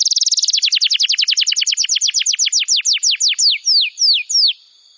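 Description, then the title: Bar-winged prinia song: very rapid downslurred notes that steadily slow and lengthen into spaced whistled slurs, ending in quiet. "Ciblek Sawah"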